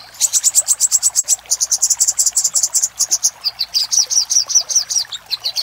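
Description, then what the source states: Little spiderhunter song: a long, fast series of high, piercing notes that shift into slurred chips near the end, almost without pause. Master recording used for training cage birds.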